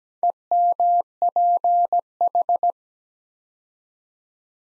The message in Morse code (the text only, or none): EMPH